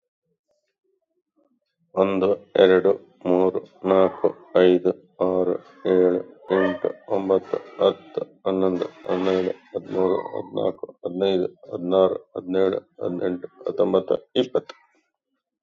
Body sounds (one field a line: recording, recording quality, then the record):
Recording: counting at a normal pace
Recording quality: excellent, no background noise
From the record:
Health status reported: recovered from COVID-19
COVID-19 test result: positive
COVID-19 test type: RT-PCR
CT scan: not taken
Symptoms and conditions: hypertension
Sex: male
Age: 54 years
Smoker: yes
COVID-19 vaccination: both doses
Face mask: worn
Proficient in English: yes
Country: India